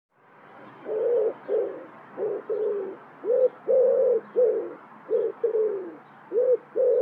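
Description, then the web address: Bird calling with a series of low, hollow cooing notes of varying length, separated by short gaps; no other sounds. "cianscape birddata Deverinetal 2025 Bird Co Pa"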